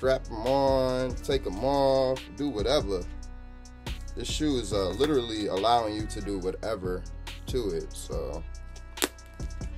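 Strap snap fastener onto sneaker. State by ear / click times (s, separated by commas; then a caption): seated / 9.0 s. A detachable strap is snapped onto the snap fastener of a sneaker, a CPFM Air Flea 2, while someone talks over background music. One sharp, loud snap is heard at 9.0 s, and the strap is fastened on.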